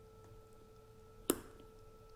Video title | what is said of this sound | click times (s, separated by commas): uClear Motion 6 Installatioin into Shoei X15 Helmet | is heard the snap and now we'll attach the wire to it | 1.3 s